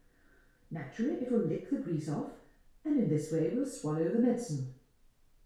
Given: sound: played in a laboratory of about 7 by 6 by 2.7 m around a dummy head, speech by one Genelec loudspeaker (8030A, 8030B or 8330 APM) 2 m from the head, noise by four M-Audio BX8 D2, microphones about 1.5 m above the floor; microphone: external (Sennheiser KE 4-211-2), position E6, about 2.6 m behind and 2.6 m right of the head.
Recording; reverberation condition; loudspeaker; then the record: female speech in English; medium; 120 degrees to the right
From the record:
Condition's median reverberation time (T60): about 510 ms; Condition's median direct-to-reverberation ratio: about -0.5 dB